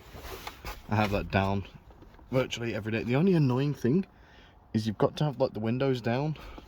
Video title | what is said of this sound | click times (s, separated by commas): I BOUGHT AN MX5 + Volvo 240 update | Sunroof, it's just got one little click and then it's off. | 0.5 s